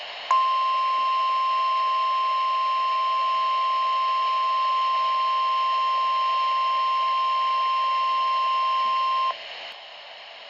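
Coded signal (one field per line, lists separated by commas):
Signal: Emergency Alert System (SAME) tones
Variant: 1050 Hz attention tone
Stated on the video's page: NOAA Weather Radio required weekly test from KHB32 Tampa Bay.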